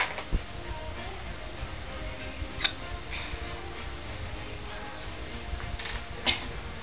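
Three sharp, brief hiccups from an adult, about two to four seconds apart, over quiet room noise.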